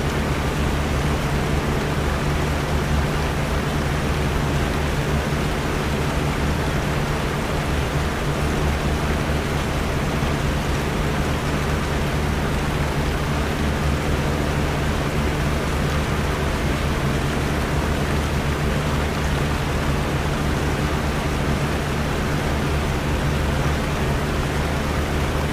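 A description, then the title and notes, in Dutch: Rain and a fan blend into one thick, unbroken wash of noise that stays level for the whole stretch. A low steady hum with several fixed tones sits underneath, while the hiss spreads up bright and dense, with no separate drops or pauses standing out. Regen-en ventilatorgeluiden witte ruis. Dit gecombineerde regen- en ventilatorgeluid creëert een krachtig witteruisgeluid.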